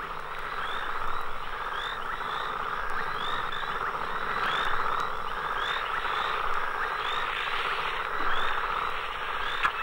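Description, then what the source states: Frogs calling in a dense chorus: a steady bed of massed trilling with many short, repeated chirps layered above, continuous throughout. Two or three frog species in rainy-season pools on a plain at dusk, making a tremendous noise after dark.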